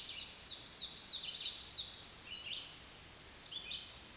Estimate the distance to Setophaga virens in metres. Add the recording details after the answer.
about 30 m. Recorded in a Pennsylvania forest on 1 June 2023 at 06:13. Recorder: AudioMoth, point grid3_16_low. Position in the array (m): 229 m, 154 m